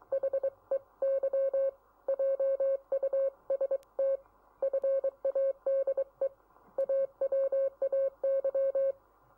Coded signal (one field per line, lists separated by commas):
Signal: Morse code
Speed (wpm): 24 wpm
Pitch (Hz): 540 Hz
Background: none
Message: HEY JUST FADE AWAY